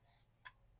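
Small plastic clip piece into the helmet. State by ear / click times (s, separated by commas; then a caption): seated / 0.5 s. A small plastic clip piece is slid into its slot on a Marvel Legends Doctor Doom helmet and locks in place, giving one short, sharp click at 0.5 s over a quiet, steady low hum. The piece is confirmed seated.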